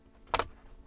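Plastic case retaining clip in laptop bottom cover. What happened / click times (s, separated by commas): A plastic case clip snapped open / 0.3 s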